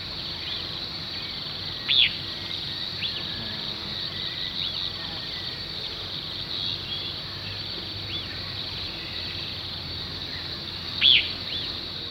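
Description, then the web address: Lesser Elaenia calls: two short, sharp, high notes about nine seconds apart, with faint arched notes between them, over a constant buzzing insect chorus. Recorded in Ecuador. "Birds of Ecuador. Lesser Elaenia"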